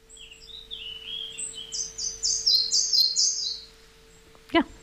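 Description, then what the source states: Red-breasted flycatcher song, a run of high thin notes that rise and quicken into rapid, slightly falling phrases, followed by a brief loud knock. Song with mimicry of chiffchaff, bicycle and wren.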